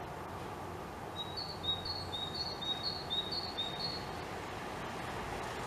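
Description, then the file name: Great tit repeats a clear two-note phrase, a lower note then a higher one, about six times at an even pace, over faint background noise. "Parus major"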